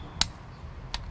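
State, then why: Torque reached. A 3/8 torque wrench set to 12 lb-ft, held straight, tightens a spark plug into the cylinder head of an Alfa Romeo Giulia Quadrifoglio. It gives a sharp click at 0.2 s, followed by a fainter click at 0.9 s over low background noise. The wrench clicking at its setting confirms the plug is torqued.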